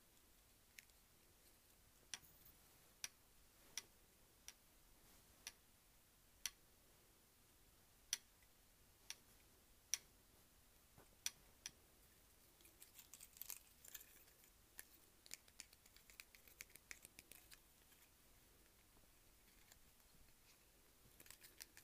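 Hair clips snap with crisp, bright clicks, evenly spaced about once a second for the first half. After about twelve seconds the clicks turn quieter, quicker and more scattered, like clips rattling and being handled against a quiet background.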